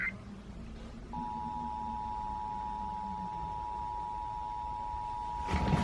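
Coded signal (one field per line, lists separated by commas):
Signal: Emergency Alert System (SAME) tones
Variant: 853 and 960 Hz attention tone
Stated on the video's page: Required Monthly Test relayed over FM stations in Ventura.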